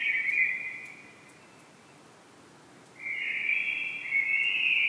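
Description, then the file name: Common blackbird call: a short warbled phrase, about two seconds of quiet, then a longer sustained phrase with a slight rise near the end. "Turdus merula"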